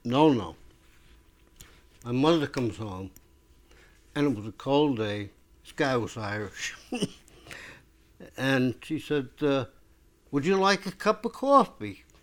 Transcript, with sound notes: a no-no. My mother comes home, and it was a cold day, this guy was Irish. ( he laughs ) And she said, uh, "Would you like a cup of coffee?"